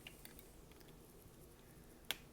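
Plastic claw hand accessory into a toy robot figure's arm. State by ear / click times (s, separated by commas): seated / 2.1 s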